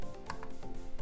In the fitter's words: and then it locks into place